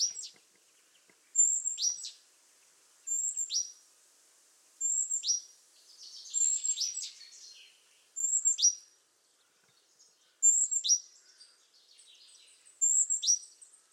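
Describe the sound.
Great tit calling in repeated bright phrases, each a high thin note dropping steeply, spaced about every one and a half to two seconds.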